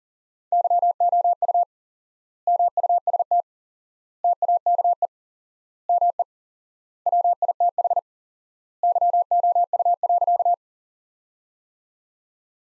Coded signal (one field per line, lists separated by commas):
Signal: Morse code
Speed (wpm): 37 wpm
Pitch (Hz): 700 Hz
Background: none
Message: YOU MUST TAKE ME WITH YOU.